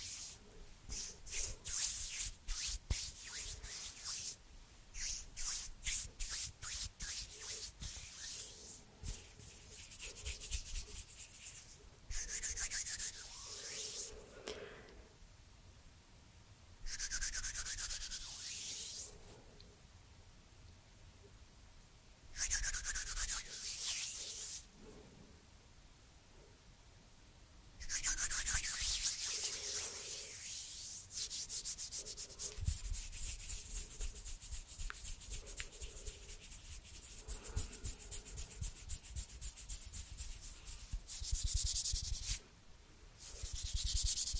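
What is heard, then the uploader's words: Soft hand sounds: dry rubbing and brushing strokes with a bright, hissy texture, coming in bursts of a few seconds separated by quiet pauses. The first seconds hold quick, regular strokes, while later passages become longer, steadier stretches of rubbing. ASMR HAND SOUNDS NO TALKING. Cozy hand sounds and movements.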